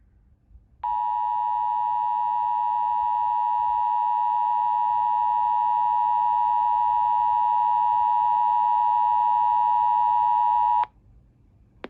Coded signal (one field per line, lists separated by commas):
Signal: Emergency Alert System (SAME) tones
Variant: 853 and 960 Hz attention tone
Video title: *FAIL* AZ silver alert (EAS#109)